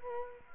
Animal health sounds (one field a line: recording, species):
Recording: mosquito wingbeat signal from an infrared sensor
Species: Culex quinquefasciatus